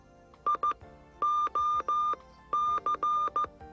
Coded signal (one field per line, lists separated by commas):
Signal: Morse code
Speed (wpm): 15 wpm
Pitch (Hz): 1200 Hz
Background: none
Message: IOC